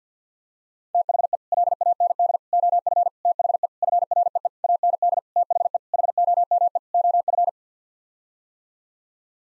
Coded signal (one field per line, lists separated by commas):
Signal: Morse code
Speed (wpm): 50 wpm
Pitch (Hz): 700 Hz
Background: none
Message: THE LAND OF THE FREE AND THE HOME OF